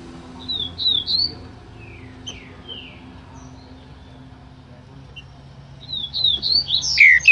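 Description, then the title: Green-winged saltator song, with quick whistled phrases, three long downslurred notes, then a rich, tumbling phrase ending strongly. Singing trinca-ferro from a breeder; song type named "Voz 07" (voice 07). "Canto De Trinca Ferro Voz 07. TRINCA FERRO CANTADOR"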